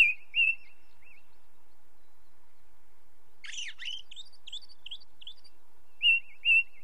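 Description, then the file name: Ring ouzel song with a pair of ringing fluty notes, a twittery scratchy phrase in the middle, and more repeated clear notes at the end; quiet gaps between. Heard against a background of light nature noise. "belozobij drozd na fone legkij shum prirodi"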